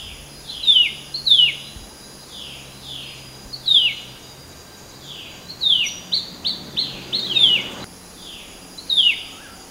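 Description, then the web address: Temminck's babbler calling with repeated falling slurred notes, sometimes in rapid runs of four or five, against a steady faint hiss. Recorded on 13 August 2009. "RAFFCNTRE. temminck-at-s babbler"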